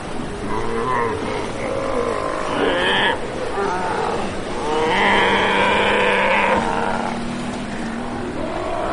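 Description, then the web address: Steller sea lions roaring in deep, harmonic, overlapping bellows, one long call swelling around five to seven seconds, with a continuous din of other animals beneath. "earth naturelibrary assets s st steller sea lion"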